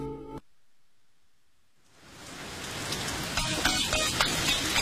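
A short musical tone cuts off into near silence, then a dense, steady hiss of falling rain swells in and keeps going, with scattered patters of drops spattering through it.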